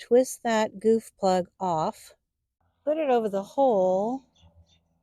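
Someone talks while a small plastic goof plug, twisted off its stem, is placed over a hole in polyethylene drip irrigation tubing, followed by faint handling sounds near the end. The plug has not yet been pressed in, and nothing has seated or clicked.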